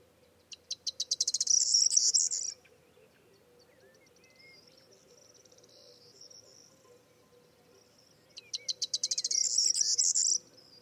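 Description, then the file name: Corn bunting song, sharp ticking notes quickening into a shimmering, jangly trill, repeated twice with quiet faint notes in the gap and a low background drone. "Zden k Vermouzek - Prosyanka Emberiza calandra"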